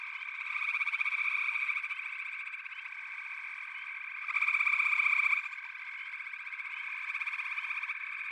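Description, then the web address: Frogs trilling in a constant chorus, with a louder pulsing surge just past the midpoint that lasts roughly a second, then settles back. A chorus of frogs calling together. "The Natural Sounds of the Wilderness. Echoes of Nature - Frog Chorus"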